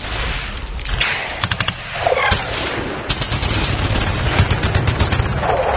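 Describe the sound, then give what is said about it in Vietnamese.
Repeated bursts of automatic rifle fire from two AK-50 rifles fired toward enemy figures, sharp rapid cracks in short volleys, the last one longer and sustained, over a low rumbling background with no voices. “Hai họng AK-50 của Chuẩn và Chung ném những tiếng nổ chết chóc về phía những bóng đen địch, dựng lên một màn bụi mù mịt, đẩy lui toán truy kích về phía sau.”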